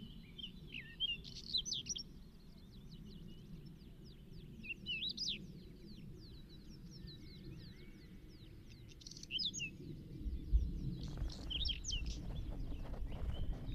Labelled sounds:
Whinchat song
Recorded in the wild
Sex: male
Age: adult
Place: Hobrechtsfelder Rieselfelder, Naturpark Barnim, Berlin, DE
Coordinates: 52.6628, 13.4997
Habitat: open country
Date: 2013-05-19
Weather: sunny, windless, 15°C
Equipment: Sound Devices 702, Sennheiser MKH 70, Rycote Windschutz
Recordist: Frommolt, Karl-Heinz

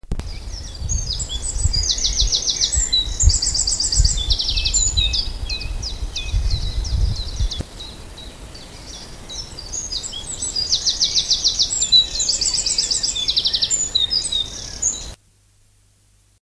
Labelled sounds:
Willow Warbler song
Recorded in the wild
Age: adult
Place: Lübars (Fließtal), Berlin, DE
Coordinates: 52.6167, 13.35
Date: 2001-04-28 11:45
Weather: fair, ca. 15°C
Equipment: Nagra SN, Kopie Uher 4000 Report Monitor
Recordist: Tembrock, Günter
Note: Gesang

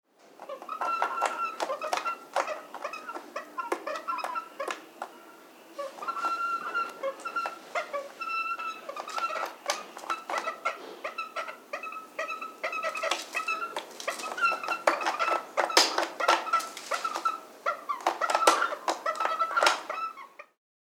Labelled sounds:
Visayan Hornbill
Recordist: Tembrock, Günter
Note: Weibchen in Bruthöhle

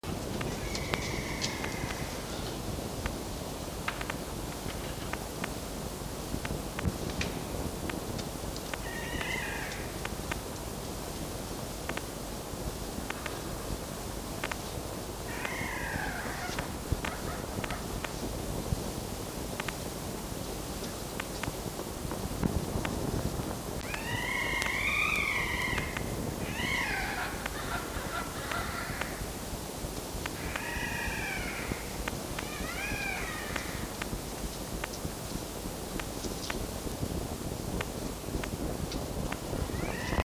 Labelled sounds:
Red Fox
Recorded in captivity
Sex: female
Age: juvenile
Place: Zoologisches Institut der HUB, Berlin, DE
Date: 1953-04-24 19:35
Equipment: Elmetra
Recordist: Tembrock, Günter
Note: Fiffi-Welpen: Quärren mit ri- und Stoßrhythmus

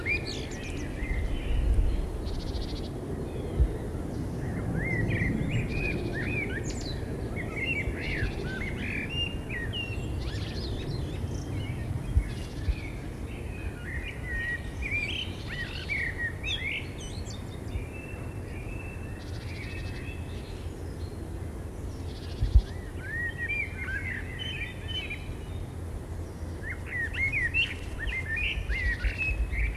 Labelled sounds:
Common Blackbird song
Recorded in the wild
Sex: male
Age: adult
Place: Gosener Berge, Berlin, DE
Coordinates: 52.3842, 13.6947
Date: 1990-04-13 18:42
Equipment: Riporter 6 RG-K, Halbspur, Sennheiser MKH 416 T
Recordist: Frommolt, Karl-Heinz

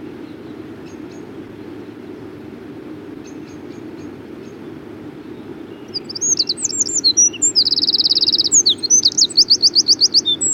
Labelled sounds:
Eurasian Wren song
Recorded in the wild
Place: Blumenholz, Insel Rügen, Mecklenburg-Vorpommern, DE
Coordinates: 53.455, 13.186
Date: 1980-04-01
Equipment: Nagra III BH, Sennheiser MD 21, parabola
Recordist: Schubert, Michael

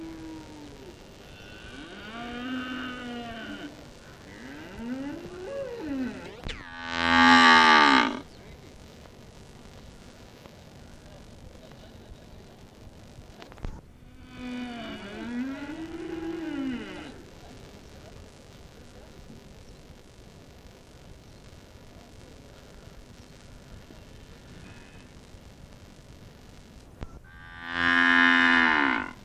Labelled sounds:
Banteng call
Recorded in captivity
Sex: female
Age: adult
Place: Tierpark Berlin, Berlin, DE
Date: 1968-01-20
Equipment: Uher 4000 Report-S, Transistorverstärker II, Sennheiser MD 421
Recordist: Tembrock, Günter

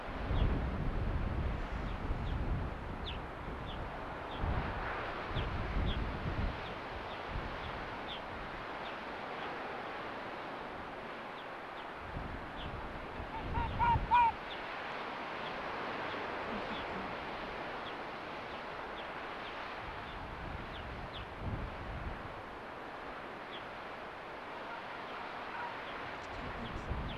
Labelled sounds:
Arctic Fox
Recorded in the wild
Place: Insel Mednyi, Kommandeur-Inseln, RU
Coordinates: 54.5167, 168.083
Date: 1999-07-05 20:09
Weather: Nebel, 8°C
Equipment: Sony WM-D6C, Sennheiser ME 80, K 30 AV, Filter III, Windkorb, Kopie Tascam DA 30
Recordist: Jakupi, Antje

